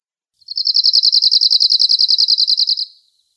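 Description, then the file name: Arctic warbler song: one rapid, even, dry trill of many identical high notes lasting about two and a half seconds. "Penochka talovka"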